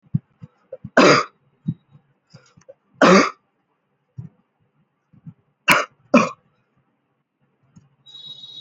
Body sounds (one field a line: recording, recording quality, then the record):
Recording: heavy voluntary cough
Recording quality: excellent, no background noise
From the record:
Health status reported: healthy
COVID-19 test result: not tested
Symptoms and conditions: none ticked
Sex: male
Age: 28 years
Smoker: not ticked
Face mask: not worn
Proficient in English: yes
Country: India